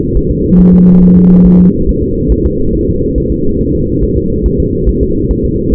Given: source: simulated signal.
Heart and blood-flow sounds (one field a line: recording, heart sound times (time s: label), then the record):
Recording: fetal heart sounds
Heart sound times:
0.17 s: S1
0.31 s: S2
0.60 s: S1
0.74 s: S2
1.03 s: S1
1.17 s: S2
1.46 s: S1
1.60 s: S2
1.89 s: S1
2.03 s: S2
2.32 s: S1
2.46 s: S2
2.75 s: S1
2.89 s: S2
3.18 s: S1
3.32 s: S2
3.61 s: S1
3.75 s: S2
4.03 s: S1
4.18 s: S2
4.46 s: S1
4.60 s: S2
4.89 s: S1
5.03 s: S2
5.31 s: S1
5.45 s: S2
5.74 s: S1
From the record:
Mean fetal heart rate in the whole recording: 140 bpm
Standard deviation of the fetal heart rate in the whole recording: 2 bpm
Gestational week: 34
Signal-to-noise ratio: -15.3 dB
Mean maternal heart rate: 72 bpm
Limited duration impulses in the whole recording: present